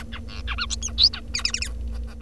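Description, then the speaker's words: Bengalese finch song: a quick series of short, chattering, harmonic syllables, some buzzy, with a steady low hum underneath. Songbird studied by scientists to learn about speech. "To learn about speech, scientists often turn to songbirds, like this Bengalese finch."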